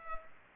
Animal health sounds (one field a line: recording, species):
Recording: mosquito wingbeat signal from an infrared sensor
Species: Culex pipiens